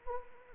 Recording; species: mosquito wingbeat signal from an infrared sensor; Anopheles arabiensis